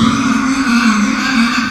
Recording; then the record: squeal of a Yucatan mini pig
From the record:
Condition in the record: after surgery on the right vocal fold (resection and tissue-engineered implant); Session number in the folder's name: 14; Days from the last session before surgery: 133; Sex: female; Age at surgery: 19 weeks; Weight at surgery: 25 kg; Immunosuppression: prednisolone